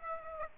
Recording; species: mosquito wingbeat signal from an infrared sensor; Aedes aegypti